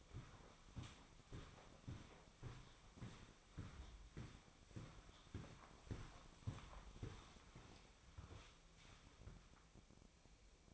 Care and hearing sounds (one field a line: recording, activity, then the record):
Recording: daily activity, microphone in the room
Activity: walk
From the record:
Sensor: 1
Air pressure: 1009.4 hPa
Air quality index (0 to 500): 187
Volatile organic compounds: 4 ppm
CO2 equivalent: 1574 ppm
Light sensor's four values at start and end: 50/134/55/67 and 50/135/55/67